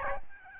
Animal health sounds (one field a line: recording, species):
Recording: mosquito wingbeat signal from an infrared sensor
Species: Aedes albopictus